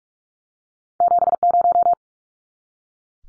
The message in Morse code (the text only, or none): 70